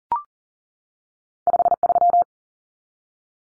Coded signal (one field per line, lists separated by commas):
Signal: Morse code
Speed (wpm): 40 wpm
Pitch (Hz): 700 Hz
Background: none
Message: 53